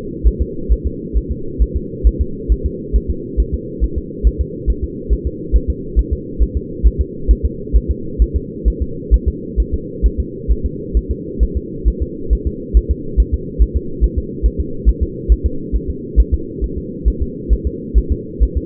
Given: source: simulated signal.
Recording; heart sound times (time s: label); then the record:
fetal heart sounds
0.27 s: S1
0.42 s: S2
0.72 s: S1
0.87 s: S2
1.17 s: S1
1.32 s: S2
1.62 s: S1
1.76 s: S2
2.07 s: S1
2.21 s: S2
2.52 s: S1
2.66 s: S2
2.96 s: S1
3.11 s: S2
3.40 s: S1
3.54 s: S2
3.84 s: S1
3.98 s: S2
4.27 s: S1
4.41 s: S2
4.70 s: S1
4.84 s: S2
5.13 s: S1
5.27 s: S2
5.56 s: S1
5.70 s: S2
5.99 s: S1
6.13 s: S2
6.43 s: S1
6.57 s: S2
6.87 s: S1
7.01 s: S2
7.31 s: S1
7.45 s: S2
7.76 s: S1
7.91 s: S2
8.22 s: S1
8.36 s: S2
8.68 s: S1
8.82 s: S2
9.14 s: S1
9.28 s: S2
9.60 s: S1
9.74 s: S2
10.06 s: S1
10.20 s: S2
10.51 s: S1
10.66 s: S2
10.97 s: S1
11.11 s: S2
11.43 s: S1
11.57 s: S2
11.88 s: S1
12.02 s: S2
12.33 s: S1
12.47 s: S2
12.77 s: S1
12.91 s: S2
13.20 s: S1
13.34 s: S2
13.62 s: S1
13.76 s: S2
14.04 s: S1
14.18 s: S2
14.46 s: S1
14.60 s: S2
14.89 s: S1
15.03 s: S2
15.32 s: S1
15.46 s: S2
15.76 s: S1
15.90 s: S2
16.20 s: S1
16.34 s: S2
16.64 s: S1
16.78 s: S2
17.08 s: S1
17.22 s: S2
17.53 s: S1
17.67 s: S2
17.98 s: S1
18.12 s: S2
18.43 s: S1
18.57 s: S2
From the record:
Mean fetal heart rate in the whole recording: 135 bpm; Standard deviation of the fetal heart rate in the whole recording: 3 bpm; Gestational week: 34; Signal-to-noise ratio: -4.3 dB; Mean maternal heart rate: 72 bpm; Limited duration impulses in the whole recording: absent